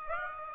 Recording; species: mosquito wingbeat signal from an infrared sensor; Aedes aegypti